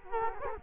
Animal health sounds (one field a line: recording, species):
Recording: mosquito wingbeat signal from an infrared sensor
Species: Culex quinquefasciatus